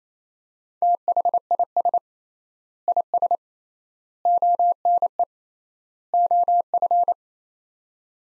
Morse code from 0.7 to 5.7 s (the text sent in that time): THIS IS ONE